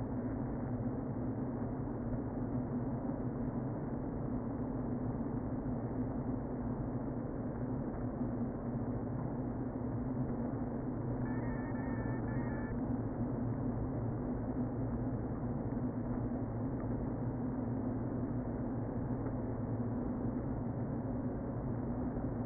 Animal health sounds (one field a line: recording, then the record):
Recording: honeybee colony, microphone inside the hive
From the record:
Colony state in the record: queen present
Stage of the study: before two queens were removed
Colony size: about 60,000 bees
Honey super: yes